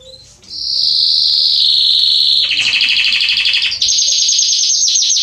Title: Canary Training 17 Esquente Seu Filhote E Canario Belga Em 30 Minutos Macho Cantando Muito. CANTO DO CANRIO